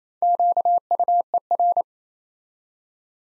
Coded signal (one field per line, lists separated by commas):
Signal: Morse code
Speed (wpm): 27 wpm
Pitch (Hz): 700 Hz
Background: none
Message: QUER